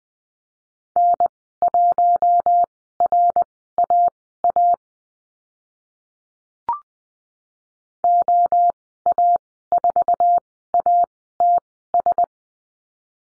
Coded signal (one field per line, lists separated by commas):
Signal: Morse code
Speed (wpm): 20 wpm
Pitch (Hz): 700 Hz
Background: none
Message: N1RAA OA4ATS